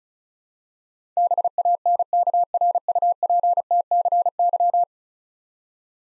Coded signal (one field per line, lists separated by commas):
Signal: Morse code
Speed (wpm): 36 wpm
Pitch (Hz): 700 Hz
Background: none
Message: BANKRUPTCY